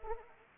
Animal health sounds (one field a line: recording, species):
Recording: mosquito wingbeat signal from an infrared sensor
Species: Anopheles arabiensis